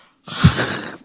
One of these sneezes from the throat. People run for cover.